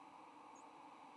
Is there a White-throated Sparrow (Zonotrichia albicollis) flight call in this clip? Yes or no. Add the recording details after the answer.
no. Another species' flight call is heard. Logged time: 06:45 on 8 November 2014